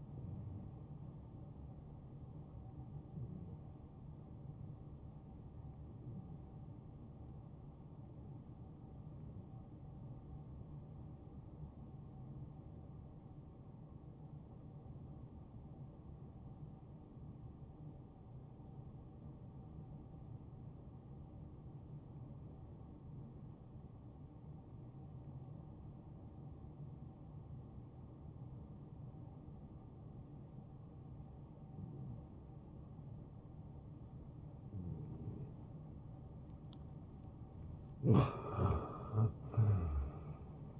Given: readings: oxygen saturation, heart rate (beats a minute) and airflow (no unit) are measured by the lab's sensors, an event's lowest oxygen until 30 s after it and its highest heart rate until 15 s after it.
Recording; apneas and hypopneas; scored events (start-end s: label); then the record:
breathing in sleep by a smartphone at the bedside; 1
3.00-36.40 s: hypopnea (N2, oxygen 93% highest, then 87% lowest, heart rate 71 at the start, 74 highest)
35.00-40.80 s: new sleep stage, N1 (lightest sleep)
From the record:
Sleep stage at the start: N2 (light sleep); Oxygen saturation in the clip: 87 to 93%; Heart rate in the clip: 52 to 74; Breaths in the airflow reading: 5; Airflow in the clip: -9.0 to 4.4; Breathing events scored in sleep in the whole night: 263 in 5.5 hours asleep